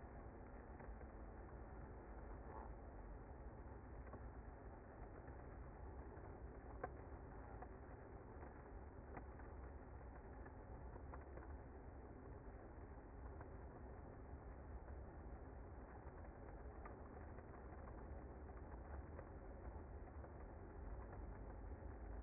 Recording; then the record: honeybee colony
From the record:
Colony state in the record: active